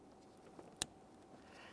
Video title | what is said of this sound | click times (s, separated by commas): How to Replace HVAC Blower Motor Assembly 2008-2017 Mitsubishi Lancer | After an audible click, we'll just give it a quick wiggle, confirming it's properly secured in place. | 0.8 s